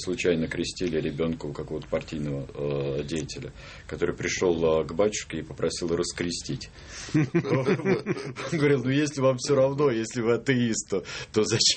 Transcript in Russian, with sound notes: случайно крестили ребенка у какого-то партийного деятеля, который пришел к батюшке и попросил раскрестить? (все смеются) Говорит: «Ну если вам все равно, если вы атеист, то зачем?